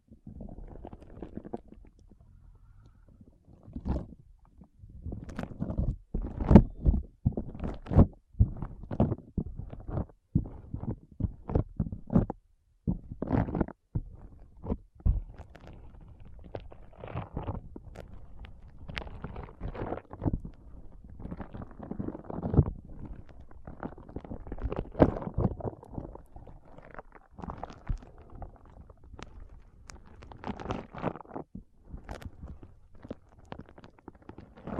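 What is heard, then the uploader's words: Foam is squeezed and rubbed in a dense, irregular run of squishy, crackling bursts, some sharp and loud, continuing without pause throughout. ASMR Powerful Foam Brain Massage.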